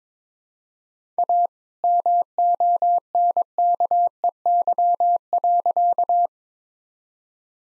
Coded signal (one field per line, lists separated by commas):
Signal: Morse code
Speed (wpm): 22 wpm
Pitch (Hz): 700 Hz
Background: none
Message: A MONKEY.